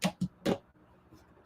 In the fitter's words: The lid, you got to hear that Vitamix click.